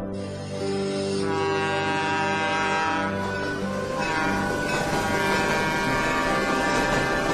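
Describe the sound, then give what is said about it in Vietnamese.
A loud, sustained train whistle blares as the evening train arrives at the railway station around 6 p.m., a rich stack of steady harmonic tones holding for several seconds over a low rumbling background. “Lối 6 giờ chiều, xe chạy gần tới nhà ga, bỗng nghe tiếng xiếp lê in ỏi.”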